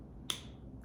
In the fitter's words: so i'm just gonna click this down you'll hear it click